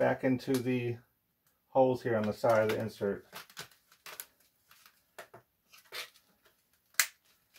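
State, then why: Seated. Someone talks while the two small plastic ears on the water panel insert of an Aprilaire 700 humidifier are pushed back into the holes on the side of the insert frame, with soft handling noises along the way. A sharp snap at 7.0 s marks the ears seating in place.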